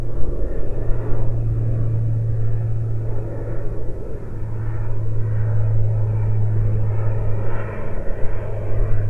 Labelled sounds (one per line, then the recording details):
aircraft
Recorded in the Prudhoe Bay oil fields, Alaska, on 22 July 2019 at 13:39
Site 13